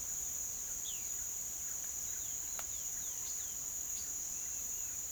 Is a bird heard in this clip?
yes